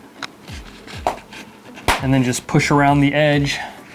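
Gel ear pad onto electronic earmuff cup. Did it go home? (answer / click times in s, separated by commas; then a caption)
no / none. A replacement Noisefighters gel ear pad is pressed around its edge onto the cup of a Walker's Razor electronic earmuff, with a few faint handling taps near 0.2 s and 1.1 s while someone talks. Nothing has snapped in or seated yet when the clip ends.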